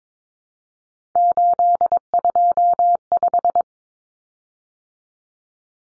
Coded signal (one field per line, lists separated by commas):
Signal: Morse code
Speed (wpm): 22 wpm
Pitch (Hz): 700 Hz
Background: none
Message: 825